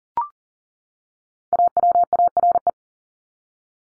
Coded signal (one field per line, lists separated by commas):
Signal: Morse code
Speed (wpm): 40 wpm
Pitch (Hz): 700 Hz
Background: none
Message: AWARE